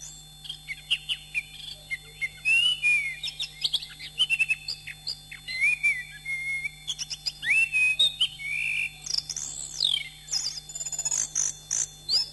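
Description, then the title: Oriental magpie-robin delivering a fast, varied song of sweet whistled slurs, trills and high squeaky notes, almost continuous. "Kicau Kacer"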